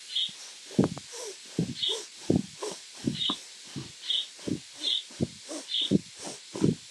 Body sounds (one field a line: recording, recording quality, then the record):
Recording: shallow breathing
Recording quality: moderate, slight background noise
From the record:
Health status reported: healthy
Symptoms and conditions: hypertension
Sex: male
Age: 48 years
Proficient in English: yes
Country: India